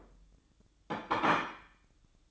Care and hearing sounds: daily activity, microphone in the room; place plate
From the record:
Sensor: 3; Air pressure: 1007.5 hPa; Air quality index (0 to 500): 54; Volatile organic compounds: 1 ppm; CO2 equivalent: 591 ppm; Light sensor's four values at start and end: 8/20/8/8 and 9/20/8/8

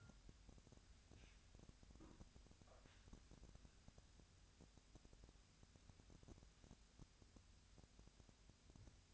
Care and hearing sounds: daily activity, microphone in the room; wipe stove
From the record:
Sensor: 2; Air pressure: 1006.9 hPa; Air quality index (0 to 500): 199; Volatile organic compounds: 14 ppm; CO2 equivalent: 2438 ppm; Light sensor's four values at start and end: 9/23/9/10 and 9/23/9/10

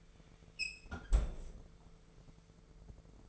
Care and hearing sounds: daily activity, microphone in the room; close fridge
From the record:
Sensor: 5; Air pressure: 1015.0 hPa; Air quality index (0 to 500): 180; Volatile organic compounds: 7 ppm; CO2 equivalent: 1978 ppm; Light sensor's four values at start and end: 52/123/51/54 and 49/114/47/49

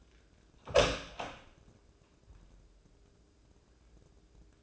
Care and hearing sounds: daily activity, microphone in the room; open door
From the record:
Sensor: 2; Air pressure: 1012.2 hPa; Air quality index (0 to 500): 160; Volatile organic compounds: 2 ppm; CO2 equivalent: 1171 ppm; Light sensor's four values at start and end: 378/945/383/400 and 385/964/391/408

